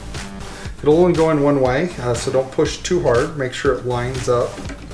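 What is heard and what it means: A DDR4 memory module is handled and lined up with a motherboard DIMM slot while someone talks over background music. Nothing has seated or clicked yet; the module is not yet home in the slot.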